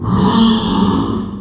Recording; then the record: squeal of a Yucatan mini pig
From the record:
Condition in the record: after surgery on the right vocal fold (resection and tissue-engineered implant); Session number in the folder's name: 16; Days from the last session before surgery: 183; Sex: female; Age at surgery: 19 weeks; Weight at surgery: 25 kg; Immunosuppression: prednisolone